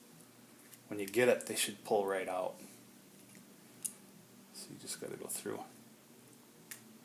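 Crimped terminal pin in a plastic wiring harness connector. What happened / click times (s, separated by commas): A small terminal latch clicked free inside a plastic connector / 6.7 s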